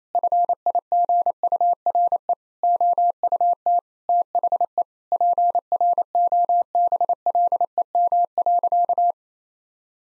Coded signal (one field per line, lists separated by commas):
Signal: Morse code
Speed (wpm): 28 wpm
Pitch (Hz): 700 Hz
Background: none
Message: FIGURE OUT THE PROBLEM.